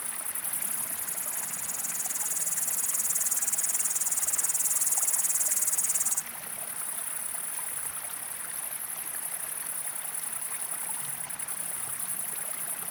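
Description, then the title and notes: Upland green bush-cricket song, a high, rapid pulsing buzz that swells slightly, then drops abruptly to a softer level partway through, with a steady wash of running stream. Foreground singer with great green bush-crickets around; jerky rising crescendo rhythm; streamside, Le Villard, Val Maravel, Drôme, France, 1200 m; 20 August 2018, 19:00–19:30; windless, stormy cloudy sky, 20–22 °C; Nagra Seven, MKH40. "Le Villard - Val Maravel. Sauterelle cymbalière"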